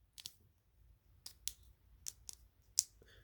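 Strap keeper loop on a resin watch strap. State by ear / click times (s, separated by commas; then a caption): seated / 1.3 s, 1.5 s, 2.1 s, 2.3 s, 2.8 s. The resin keeper loop on the ridged resin strap of a Casio AE-1600H digital watch, worn on the wrist, is slid along the strap, giving a quick pair of clicks near 0.2–0.3 s. It then clicks over the ridges at 1.3, 1.5, 2.1, 2.3 and 2.8 s as it locks in place, and the last click is the loudest.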